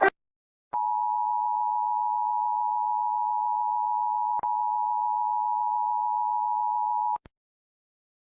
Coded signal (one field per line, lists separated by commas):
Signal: Emergency Alert System (SAME) tones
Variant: 853 and 960 Hz attention tone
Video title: Rating eas alarms pt 1